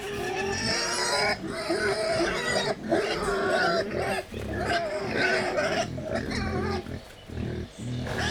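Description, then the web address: Wild boar squealing almost continuously, shrill wavering cries layered over constant grunting from several animals. Wild boar in a zoo in Hungary, excited before feeding, recorded 28 April 2015. "jaszberenyizoo. vaddiszno etetesrefelajzva"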